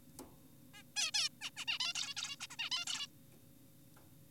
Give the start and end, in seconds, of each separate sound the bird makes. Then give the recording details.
0.74-0.83, 0.96-1.11, 1.14-1.29, 1.42-1.50, 1.57-1.65, 1.68-1.78, 1.80-1.93, 1.95-2.14, 2.17-2.36, 2.41-2.47, 2.50-2.56, 2.59-2.70, 2.72-2.85, 2.87-3.07. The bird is an adult. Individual g4p5U